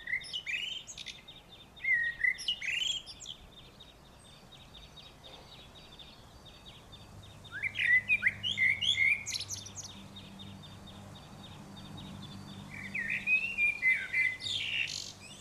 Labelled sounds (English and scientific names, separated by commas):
Common Blackbird (Turdus merula) song